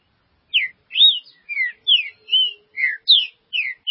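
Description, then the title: Green-winged saltator song of loud whistled slurs, rising and falling, given in quick succession. "Trinca Ferro"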